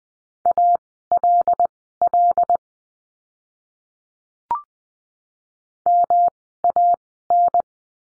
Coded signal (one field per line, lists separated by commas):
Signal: Morse code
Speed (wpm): 20 wpm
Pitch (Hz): 700 Hz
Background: none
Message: ALL MAN